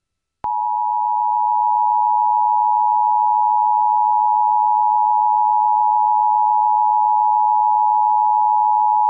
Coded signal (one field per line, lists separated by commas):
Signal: Emergency Alert System (SAME) tones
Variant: 853 and 960 Hz attention tone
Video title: NWR RWTs and a few RMTs (EAS #983-#995)